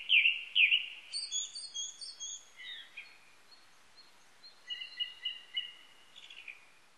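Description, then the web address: Japanese thrush song opening with two strong whistled notes, followed by a run of soft, high, squeaky twitters and repeated thin whistles. Recorded 19 April 1998. "1998 980419 kurotugumi"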